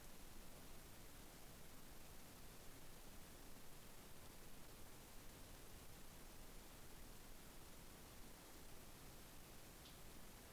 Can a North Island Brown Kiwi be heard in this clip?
no